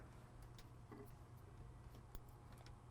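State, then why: Seated. A plastic T-tap splice connector is pressed closed onto a vehicle's constant-power wire during a GPS tracker installation. Over a steady low hum, a few faint ticks are heard, and the connector clicks shut at 2.2 s, seated and secure.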